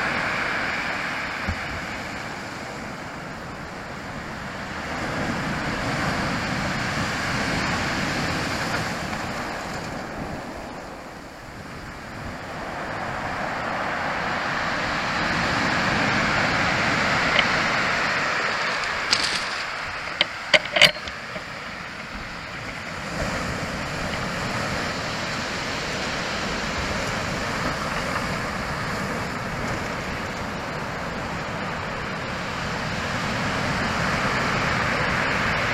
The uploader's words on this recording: At a beautiful sunset you walk along a beach. The waves are beating hard on the beach. Big waves crashing.